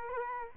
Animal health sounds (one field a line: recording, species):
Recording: mosquito wingbeat signal from an infrared sensor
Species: Culex quinquefasciatus